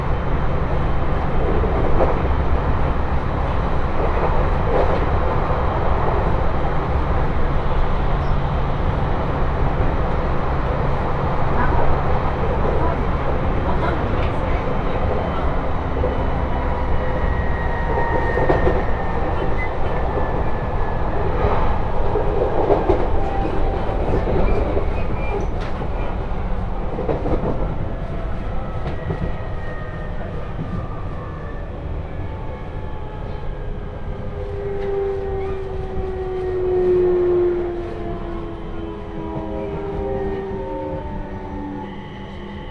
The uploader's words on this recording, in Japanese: 鉄道旅 東北本線 郡山→福島。郡山から福島の間はE721系電車4両編成になり、先ほどまでの混雑ぶりから一息つけた感じです。